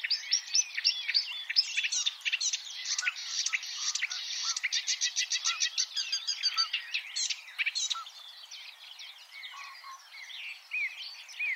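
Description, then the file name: Marsh warbler song, a torrent of chirps and rapid ticking runs, with a long stretch of fast repeated notes before softer, varied twitters. "suara-kicauan-burung-marsh-warbler omkicau"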